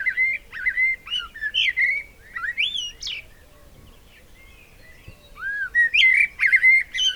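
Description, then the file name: Eurasian blackbird song: a long, leisurely fluted warble of slurred whistles, a pause, then a second flowing phrase with bright, squeaky ends. "Turdus merula"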